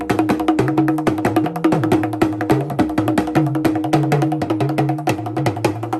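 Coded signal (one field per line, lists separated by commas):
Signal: talking drum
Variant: Yoruba dundun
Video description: Watch Ayanlekan eulogise with talking drum and accompanied in high rhythmic harmony.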